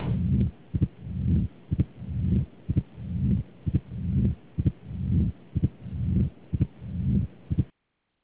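Regular heart sounds at about 61 beats a minute in an adult, each cycle with sharp snapping clicks and a long, low-pitched rumbling murmur between beats. This low diastolic rumble is the typical sound of mitral stenosis, a narrowed mitral valve.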